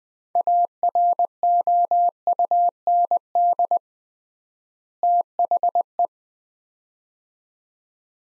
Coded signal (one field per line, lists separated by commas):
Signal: Morse code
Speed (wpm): 20 wpm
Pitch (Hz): 700 Hz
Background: none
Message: AROUND THE